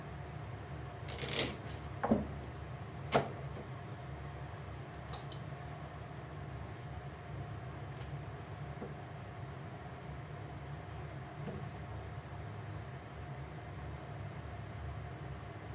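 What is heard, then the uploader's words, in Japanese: Kitchen sounds during cooking: a steady low hum, like a range hood fan, runs throughout with a faint whine held above it. Three sharp clatters or clicks come close together in the first few seconds, then only a few soft taps later on. 料理の音。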